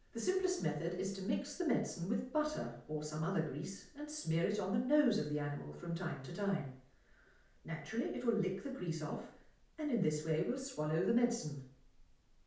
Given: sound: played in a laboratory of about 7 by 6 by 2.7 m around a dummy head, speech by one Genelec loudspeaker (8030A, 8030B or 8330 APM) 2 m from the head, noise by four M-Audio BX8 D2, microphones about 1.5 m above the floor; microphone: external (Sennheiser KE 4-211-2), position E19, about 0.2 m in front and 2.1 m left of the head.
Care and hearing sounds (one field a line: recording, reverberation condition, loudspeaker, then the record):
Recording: female speech in English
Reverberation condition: medium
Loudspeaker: 90 degrees to the right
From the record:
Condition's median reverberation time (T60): about 510 ms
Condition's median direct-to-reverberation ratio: about -0.5 dB